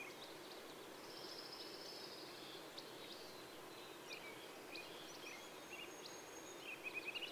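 Brown-headed cowbird song: thin, high drawn-out whistles with short liquid notes, over a steady hiss.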